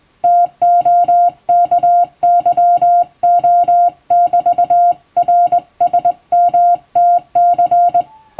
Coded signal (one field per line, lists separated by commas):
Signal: Morse code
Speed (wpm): 21 wpm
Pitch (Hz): 700 Hz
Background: music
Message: TOKYO<BT>RSMTC